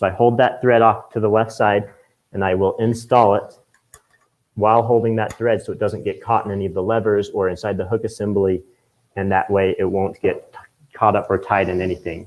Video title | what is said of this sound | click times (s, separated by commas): FAQs: Tension Issues and How to Fix Them - Spring Fling 2021 | And I don't pull the lever out, so that way I can hear it click when I install it into our quilting machine. | 3.9 s